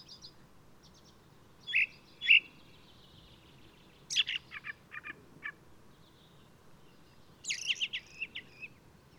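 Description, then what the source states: Ring ouzel song: a pair of fluty notes, then a quick series of sharp strokes, and later a dense scratchy twitter, over steady low hiss. Singing male of the alpine subspecies alpestris, recorded 22 May 2018 at Důl Bílého Labe in the Krkonoše mountains, Czech Republic.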